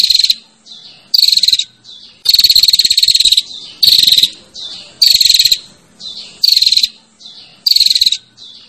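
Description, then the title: Prinia buzzes: high, scratchy bursts, some short and some held for about a second, each carrying a thin falling whistle. Female calling to the male, in the buzzy 'ngecirrr' style. "Suara Prenjak Betina Ngecirrr Memanggil Prenjak Jantan"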